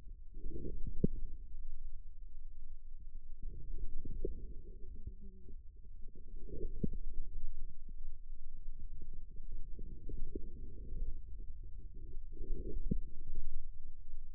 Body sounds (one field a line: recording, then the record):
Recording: forearm muscle sounds (acoustic myography)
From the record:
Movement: inward rotation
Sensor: system 2, bracelet of six BSWA MPA416 microphones around the upper forearm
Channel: 3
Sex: male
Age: 22 years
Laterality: right